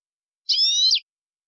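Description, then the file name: European goldfinch call: a single drawn-out nasal harmonic note, steady and high, ending with a brief downward twist. "Carduelis carduelis"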